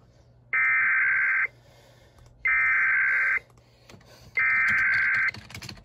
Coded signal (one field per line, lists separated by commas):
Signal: Emergency Alert System (SAME) tones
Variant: header bursts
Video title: EAS 1286: Washington (State) Amber Alert